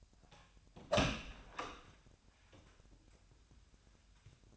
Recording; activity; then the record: daily activity, microphone in the room; open door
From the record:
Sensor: 2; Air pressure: 1007.0 hPa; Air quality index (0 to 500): 194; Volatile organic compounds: 12 ppm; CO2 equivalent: 2375 ppm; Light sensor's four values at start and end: 10/23/9/10 and 9/23/9/10